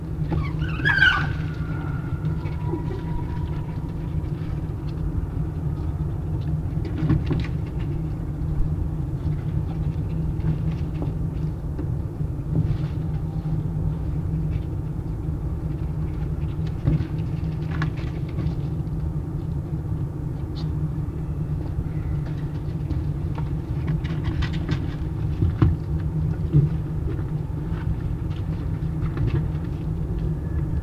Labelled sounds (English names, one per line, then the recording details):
Red Fox
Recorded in captivity
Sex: male
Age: subadult
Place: Zoologisches Institut der HUB, Berlin, DE
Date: 1955-10-21 17:50
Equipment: 19 cm Halbspur
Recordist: Tembrock, Günter
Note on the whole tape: Band F 221-7: Moppel: Schmerzschrei bei Rückenbiß durch Jau (bei der Fütterung)